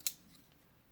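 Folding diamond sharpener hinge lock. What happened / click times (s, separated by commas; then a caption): A small folding part locks into place / 0.1 s. A folding diamond sharpener on a sheath is swung open and locks into position. A single sharp, bright click sounds at 0.1 s, followed by quiet low-level background. The sharpener's hinge lock is seated.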